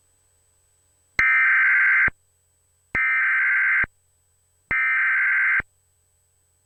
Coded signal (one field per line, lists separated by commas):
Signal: Emergency Alert System (SAME) tones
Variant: header bursts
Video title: (EAS SCENARIO) Zombies Destroy the World